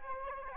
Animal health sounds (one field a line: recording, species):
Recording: mosquito wingbeat signal from an infrared sensor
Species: Aedes albopictus